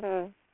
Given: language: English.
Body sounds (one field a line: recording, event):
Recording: throat vibration sensor signal played as sound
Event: speech